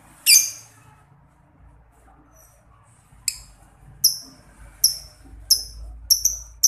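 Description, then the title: Lovebird chirps: one loud harsh note, a quiet gap, then a run of shrill downward chips speeding up toward the end. Masteran therapy recording meant to make a labet lovebird quickly produce long ngekek (ngekek panjang). "Kicau Lovebird SUPER GILA !!! Terapi Masteran LABET Terbaik Agar Labet Cepet NGEKEK PANJANG"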